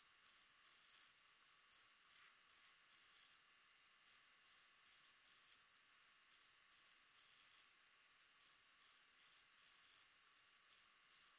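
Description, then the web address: Striped ground cricket song: high buzzy bursts in short runs of three or four, with brief pauses between runs, no other sounds. "Crickets and Katydids. Striped Ground Cricket, Allonemobius fasciatus"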